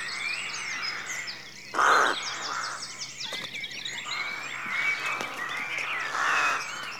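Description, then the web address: Rooks calling in a rookery, a few harsh caws standing out over a dense background of other birds' whistles and chatter. Rookery at dawn, rural exterior atmosphere. "The BBC Sound Effects Library - Complete 60 CDs Collection Sound Effects Library-52 (Exterior Atmospheres-Rural Backg) Rookery Dawn"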